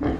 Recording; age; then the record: pig call; growing-finishing pig (85 days or more)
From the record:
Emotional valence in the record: negative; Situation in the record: barren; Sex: female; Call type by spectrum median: low-frequency call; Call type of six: low-frequency stable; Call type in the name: low-frequency stable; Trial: 4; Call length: 0.20 s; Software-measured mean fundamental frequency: 45 Hz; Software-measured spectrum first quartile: 195 Hz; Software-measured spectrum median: 316 Hz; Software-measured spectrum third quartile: 558 Hz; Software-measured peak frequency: 292 Hz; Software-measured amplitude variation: 122 dB a second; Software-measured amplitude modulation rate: 15.0 a second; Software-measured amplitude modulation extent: 8.1 dB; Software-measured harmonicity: 0.2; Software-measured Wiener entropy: -0.78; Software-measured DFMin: 941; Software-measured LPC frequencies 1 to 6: 364, 1734, 3134, 3991, 4870, 5520 Hz